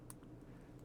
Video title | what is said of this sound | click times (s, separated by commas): Agora Models 1/8 scale diecast James Bond 007 Lotus Submarine "Wet Nellie" build Pack 5 | pop on yes positive click | 0.1 s